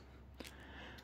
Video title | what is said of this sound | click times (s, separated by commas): Hoover WindTunnel Air Steerable In-Depth Vacuum Review (UH72400) | of the way and push this in place until it clicks. | 0.4 s